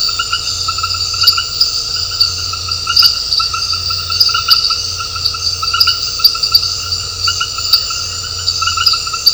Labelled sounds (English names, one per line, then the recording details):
none
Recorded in dense forest near Puerto Asís, Putumayo, Colombia, on 9 March 2025 at 19:30
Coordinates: 0.468, -76.322
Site GP01